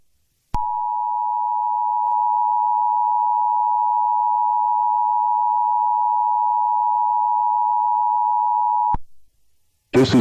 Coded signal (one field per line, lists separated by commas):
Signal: Emergency Alert System (SAME) tones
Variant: 853 and 960 Hz attention tone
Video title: EAS Scenario #13 (SPOOKY NUMBER): NO EYES ON ME!